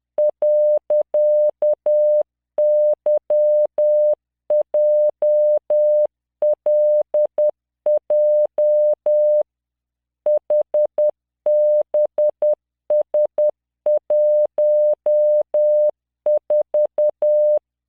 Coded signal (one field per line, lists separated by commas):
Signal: Morse code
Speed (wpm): 10 wpm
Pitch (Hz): 600 Hz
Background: none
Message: .YJLJ HBS14